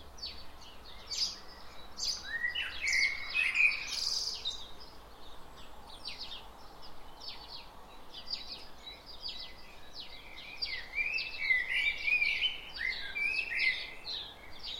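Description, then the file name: Common blackbird singing low, fluty warbled phrases around 3 and 12 seconds, with many high chirping notes throughout. "Turdus merula"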